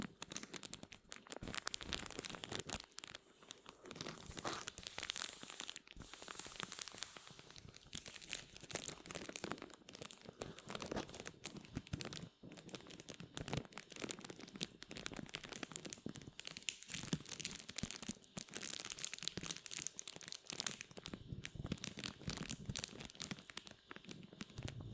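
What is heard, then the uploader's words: Rubbing and crinkling fill the whole recording, a dense, constant stream of papery crackles and scratchy brushing strokes. The texture stays bright and busy throughout, with brief quieter gaps around six and twelve seconds and a faint high steady whine underneath. Rubbing and Crinkles (NO TALKING).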